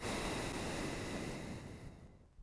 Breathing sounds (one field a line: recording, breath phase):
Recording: one breath near a microphone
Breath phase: exhalation